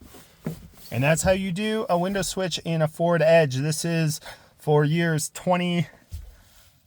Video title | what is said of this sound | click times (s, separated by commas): Ford Edge - How to replace window switch / master window control - 2019 2020 2021 2022 2023 & 2024 | And then a push here, you're gonna hear it snap, boom. | 0.5 s